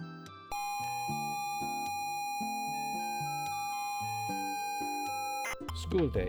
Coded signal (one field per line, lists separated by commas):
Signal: ZX Spectrum tape loading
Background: speech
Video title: ZX Spectrum Memories — 5 Games That Took Over Our Childhood!